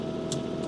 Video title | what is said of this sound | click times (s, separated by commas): WHY am I Re-Plumbing X1 and X3 hydraulics on the Volvo ECR50f ???? | that just snaps back into place like that | 0.3 s